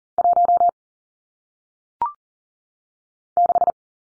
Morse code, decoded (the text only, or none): 1 6